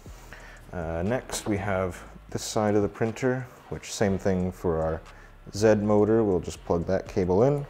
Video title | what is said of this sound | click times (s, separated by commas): CREALITY ENDER 3 V3 - UNBOX, ASSEMBLY & TEST PRINTS | uh click into place just like that | 0.3 s